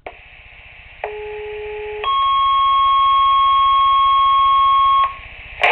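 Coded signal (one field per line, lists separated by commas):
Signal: two-tone page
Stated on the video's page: Monthly pager and siren test for 31 fire companies, received on a Minitor II pager.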